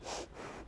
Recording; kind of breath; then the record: one breath in and out by a microphone near the nose and mouth; strong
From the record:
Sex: female